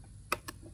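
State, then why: Seated. A quick-mount locking tab on a hard-shell, leather-wrapped Darkin motorcycle saddlebag is closed after the bag is slid down onto its frame mounting brackets and worked a little. It locks with a sharp click at 0.3 s, followed by a softer second click at 0.5 s, over a low background hum. The saddlebag is seated and locked on its brackets.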